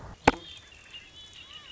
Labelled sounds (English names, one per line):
Red-winged Blackbird